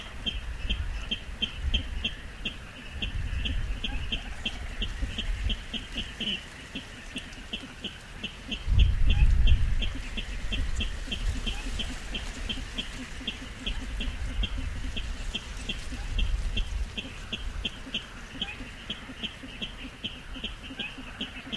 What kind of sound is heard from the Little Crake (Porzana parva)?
call